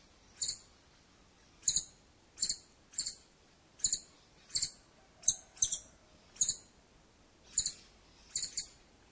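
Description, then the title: Scimitar-billed woodcreeper calling with an irregular series of thin, high, clipped double notes. "LuckyPassaro Completos2Sama. Scimitar-billed Woodcreeper (Drymornis bridgesii)"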